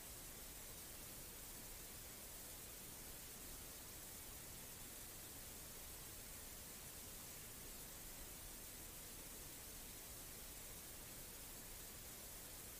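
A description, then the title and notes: Steady, dense white noise hisses evenly across the whole clip, unchanging in level, full from deep rumble to bright top, with no separate events. Ambient White Noise.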